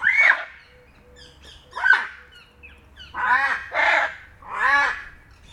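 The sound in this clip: Hyacinth macaw calling with grating, honking squawks with rich harmonics, two spaced squawks, then a pause and three loud squawks close together near the end.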